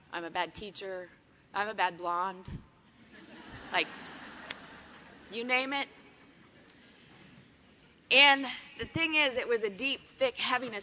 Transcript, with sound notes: I'm a bad teacher. I'm a bad blonde. (laughter) You name it. And the thing is, it was a deep, thick heaviness.